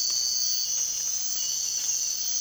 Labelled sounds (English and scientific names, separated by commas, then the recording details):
none
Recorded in dense forest near Puerto Asís, Putumayo, Colombia, on 24 March 2025 at 05:00
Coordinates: 0.499, -76.324
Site GP03